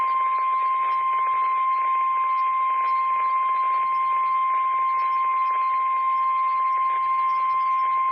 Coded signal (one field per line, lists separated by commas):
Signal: Emergency Alert System (SAME) tones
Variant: 1050 Hz attention tone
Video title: Severe Thunderstorm Warning (EAS #54)